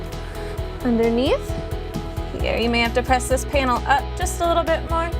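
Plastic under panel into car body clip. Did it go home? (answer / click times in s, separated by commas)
no / none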